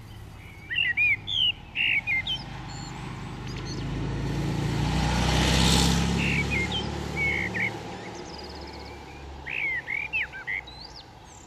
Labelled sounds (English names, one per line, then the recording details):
Common Blackbird song
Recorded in the wild
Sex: male
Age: adult
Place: Ehrwald, Tirol, AT
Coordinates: 47.4272, 10.9411
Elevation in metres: 1214
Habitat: mountains
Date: 1975-03-05
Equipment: Nagra IV, Sennheiser MKH 405, Parabolreflektor
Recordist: Tretzel, Erwin